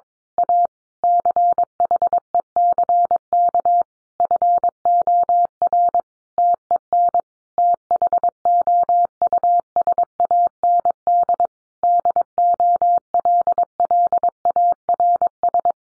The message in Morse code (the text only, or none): A CHECK FOR TEN THOUSAND DOLLARS